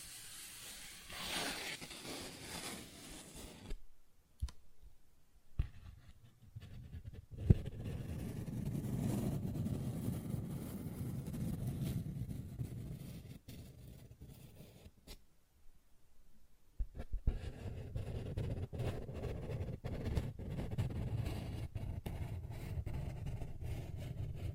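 Paper bag being handled, with soft scratching and rubbing that comes in uneven stretches and scattered sharper taps around 5–8 seconds and again after 17 seconds. The sound is mostly low and papery, with quieter gaps near 4 and 15–17 seconds.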